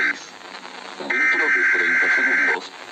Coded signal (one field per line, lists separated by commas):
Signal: Emergency Alert System (SAME) tones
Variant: header bursts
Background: speech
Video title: experiences: sauf amerikan eas alarms